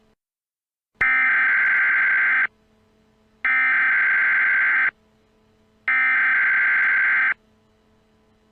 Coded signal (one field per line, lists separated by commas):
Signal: Emergency Alert System (SAME) tones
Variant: header bursts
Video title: Mini EAS Scenario: Tom loses his mind (A SHORT FUNNY EAS SCENARIO)